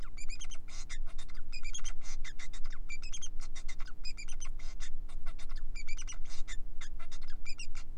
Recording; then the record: song of a male Bengalese finch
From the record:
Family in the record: son of father 4